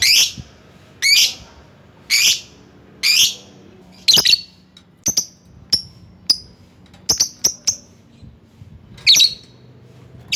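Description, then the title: Lovebird calls: loud harsh shrieks repeated about once a second, followed by shorter sharp chirps. Lovebird calling a rival. "Lovebird Memanggil Lawan"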